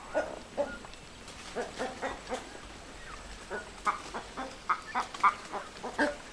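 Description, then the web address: Boat-billed heron giving short, hoarse clucking notes in loose irregular bursts, some doubled, with quiet gaps between and faint background hiss. Calls from the eastern lowlands of South America. "S America Eastern Lowlands Cochlearius cochlearius, calls"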